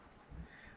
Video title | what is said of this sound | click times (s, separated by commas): Chuck's Reviews Transformers Generations Voyager Class Springer | then slide them down until they click | 0.1 s